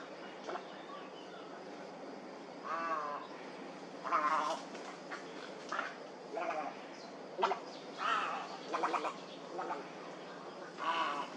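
Heron calls as guttural, rattling croaks in short bursts every second or so, with a constant hiss underneath.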